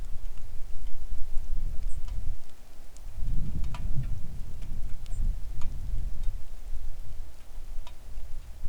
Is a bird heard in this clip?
yes